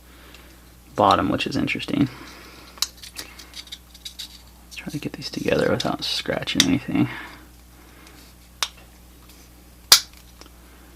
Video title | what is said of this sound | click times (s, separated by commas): First Look! Zero Tolerance 0770 | all right snaps back into place it's | 9.9 s